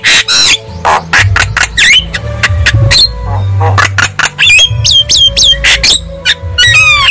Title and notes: Pancingan Jalak Kebo Bisu. Kicau Jalak Kebo